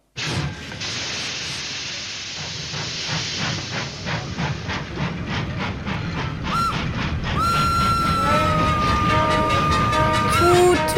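A steam train rumbles along the rails with a hissing, rhythmic chuffing beat, then a long, steady whistle blows over the clatter through the final few seconds.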